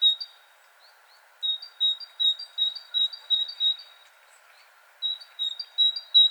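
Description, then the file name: Great tit calls: bright, short notes near the same high pitch, given in quick runs of about three per second, with pauses between bursts and a steady low hum beneath. "Parus major"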